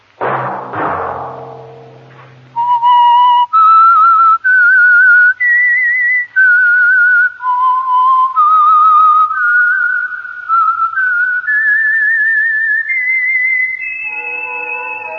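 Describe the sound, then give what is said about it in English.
A sharp, ringing burst opens, then a lone whistler carries a slow melody of long, sustained notes that climb gradually in pitch, ending on a held high note as accompanying tones enter: the whistled signal of the Signal Oil program The Whistler, a Sunday night radio show brought by the Signal Oil Company. “That whistle be your signal for the signal oil program, The Whistler, each Sunday night at this same time.”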